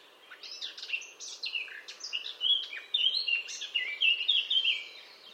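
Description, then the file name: Eurasian blackcap song, a rich, fast warble of varied whistled and scratchy notes running continuously for about five seconds, rising in loudness midway. "Sylvia atricapilla"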